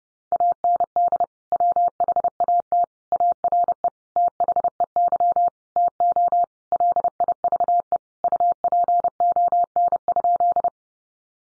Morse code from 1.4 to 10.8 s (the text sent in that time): WHAT ARE THEY TO LIVE UPON?